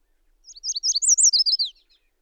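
Bird song: a rapid, high-pitched phrase of sweeping notes that rises slightly in pitch in the middle before dropping away.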